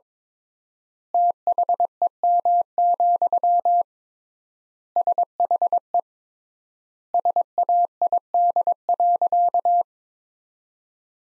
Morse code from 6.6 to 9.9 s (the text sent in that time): SAID.